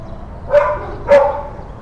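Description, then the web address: Dog barks: two short, sharp barks about half a second apart over a quiet low background. Dogs in kennels; kennel ambience. "Foundation 1 AMBIENCE DOG KENNELS"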